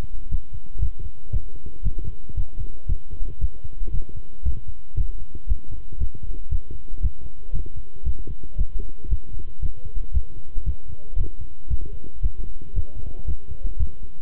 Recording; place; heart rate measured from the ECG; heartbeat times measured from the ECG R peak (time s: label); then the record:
heart sounds by stethoscope; between the tricuspid and mitral areas; 116 bpm
0.31 s: heartbeat
0.82 s: heartbeat
1.33 s: heartbeat
1.84 s: heartbeat
2.37 s: heartbeat
2.89 s: heartbeat
3.41 s: heartbeat
3.93 s: heartbeat
4.45 s: heartbeat
4.97 s: heartbeat
5.49 s: heartbeat
6.00 s: heartbeat
6.51 s: heartbeat
7.02 s: heartbeat
7.54 s: heartbeat
8.06 s: heartbeat
8.58 s: heartbeat
9.10 s: heartbeat
9.62 s: heartbeat
10.14 s: heartbeat
10.66 s: heartbeat
11.18 s: heartbeat
11.70 s: heartbeat
12.23 s: heartbeat
12.75 s: heartbeat
13.27 s: heartbeat
13.79 s: heartbeat
From the record:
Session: walking at 3.7 km/h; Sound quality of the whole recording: good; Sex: male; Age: 25 years